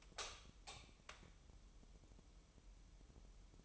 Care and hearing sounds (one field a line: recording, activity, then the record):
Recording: daily activity, microphone in the room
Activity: light on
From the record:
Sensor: 1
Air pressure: 988.4 hPa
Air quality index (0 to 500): 197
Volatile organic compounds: 982 ppm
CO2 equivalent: 5266 ppm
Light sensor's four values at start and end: 8/21/8/10 and 12/37/14/15